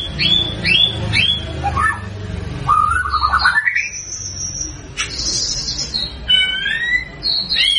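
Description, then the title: White-rumped shama song: rich varied whistles, rising and falling slurred notes with high thin phrases, with a low hum in the first half. Actively singing (gacor) bird, used as a lure to make birds respond at once. "PANCINGAN MURAI BATU GACOR"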